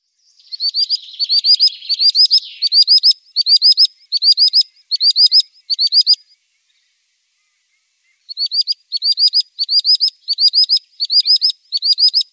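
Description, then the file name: Common sandpiper calling in shrill, high whistled notes bunched in rapid groups, with a pause of about two seconds midway before the bursts resume. "Drillsnappa"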